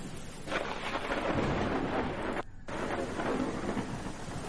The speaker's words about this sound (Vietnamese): Nó xoay người lại nhìn xung quanh, nhưng chẳng có gì ngoài bầu trời lập lòe sấm chớp và mưa mù mịt.